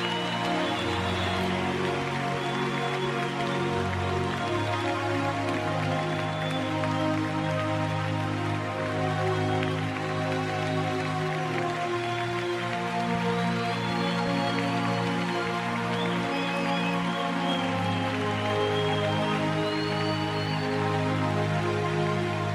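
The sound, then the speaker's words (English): An audience at an English and Swahili worship service claps their hands unto the Lord in a dense, continuous patter that holds steady for over twenty seconds, with sustained instrumental tones droning underneath and no one speaking. “Let us clap unto the Lord.”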